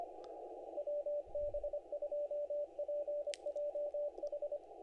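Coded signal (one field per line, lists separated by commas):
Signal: Morse code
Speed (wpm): 25 wpm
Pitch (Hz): 580 Hz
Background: radio noise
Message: WB2PJH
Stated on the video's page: Morse from the WAE CW contest heard on the 20m band.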